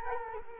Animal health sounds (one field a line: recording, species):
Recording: mosquito wingbeat signal from an infrared sensor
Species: Culex quinquefasciatus